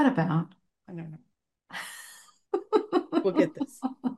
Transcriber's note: laughs